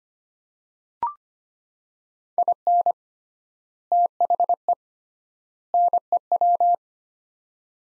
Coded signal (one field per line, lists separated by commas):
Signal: Morse code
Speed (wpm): 25 wpm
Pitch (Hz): 700 Hz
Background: none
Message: IN THE NEW